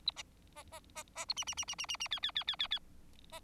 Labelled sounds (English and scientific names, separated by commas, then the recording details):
Bengalese Finch (Lonchura striata domestica) song
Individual Bird4